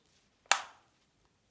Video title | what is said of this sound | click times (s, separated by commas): Clone Shell - How to Attach Air Propagators for FREE Plants | I can hear it click so I know that it attached so | 0.5 s